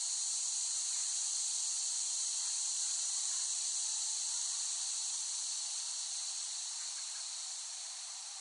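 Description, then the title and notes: Cicadas in a dense, hissing chorus, a steady high-pitched drone that holds without a break and fades slightly toward the end. Cicadas recorded in West Brighton, Staten Island, late summer 2008. "The Cicadas of Summer. Recording of cicadas made by Dan Bodah in West Brighton, Staten Island, late summer 2008"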